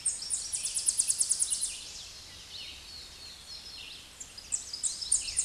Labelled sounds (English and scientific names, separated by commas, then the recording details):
Tennessee Warbler (Leiothlypis peregrina) song
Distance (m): 25 m
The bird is about 15 m above the microphone
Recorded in a Pennsylvania forest on 16 May 2024 at 08:30
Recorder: AudioMoth, point MSD-2478
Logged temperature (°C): 15.6 °C
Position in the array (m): 73 m, 203 m